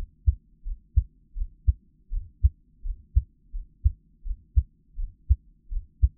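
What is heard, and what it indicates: A steady, regular heartbeat at about 80 beats a minute, each beat a deep paired thump with a softer lub and a sharper dub. It is heard close up, with no talking or other background sound.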